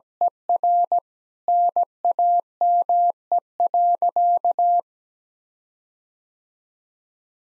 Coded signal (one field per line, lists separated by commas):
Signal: Morse code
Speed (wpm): 17 wpm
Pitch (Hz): 700 Hz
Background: none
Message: ER NAME.